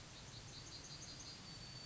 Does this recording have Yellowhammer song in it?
yes